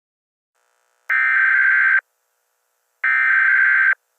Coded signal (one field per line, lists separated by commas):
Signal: Emergency Alert System (SAME) tones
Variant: header bursts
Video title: EAS Scenario - The Desert Scorpion War (Pilot Scenario)